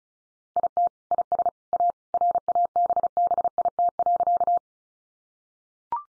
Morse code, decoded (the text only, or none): IT IS A RABBIT.